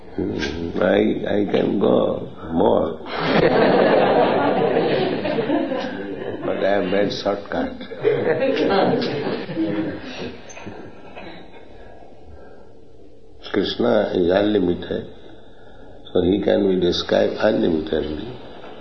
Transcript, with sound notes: I can go more. [laughter] But I have made shortcut. Kṛṣṇa is unlimited, so He can be described unlimitedly.